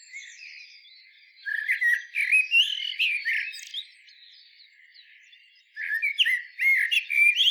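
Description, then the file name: Eurasian blackbird with a long warbled phrase, a pause, then another phrase starting. "Turdus merula"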